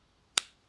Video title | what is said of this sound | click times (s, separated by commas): Aegis X Zeus Sub ohm Tank Kit | give it a push and you'll hear it click which is a good time | 0.4 s